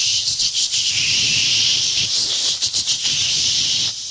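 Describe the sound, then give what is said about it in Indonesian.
Loud, steady sizzling of tofu, tempeh, crackers and fish frying in hot oil in a kitchen, a continuous bright hiss broken by quick crackles and pops, with a low rumble underneath and no voices. “Lagi goreng tahu, tempe, goreng kerupuk, goreng ikan. Itu suaranya kan kenceng toh lagi goreng itu.”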